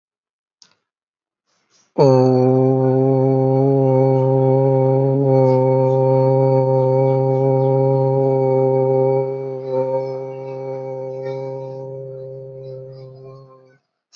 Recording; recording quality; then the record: sustained vowel as in boot; moderate, slight background noise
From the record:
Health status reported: healthy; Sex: male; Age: 51 years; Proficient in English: yes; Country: India